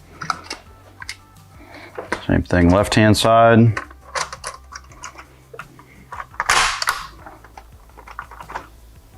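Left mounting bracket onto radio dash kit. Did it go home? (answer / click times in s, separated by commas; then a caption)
yes / 6.4 s. A left-hand plastic mounting bracket is pushed onto the radio dash kit for a Sony XAV-AX4000 in a 2014–2023 Toyota 4Runner while someone talks. Scattered handling clicks and taps lead to a sharp snap at 6.4 s as the bracket seats firmly in place.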